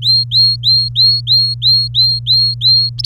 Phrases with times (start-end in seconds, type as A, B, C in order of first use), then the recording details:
0.02-2.89 A, 2.98-3.05 B. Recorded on 24 April 2018 at 08:04. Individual llb3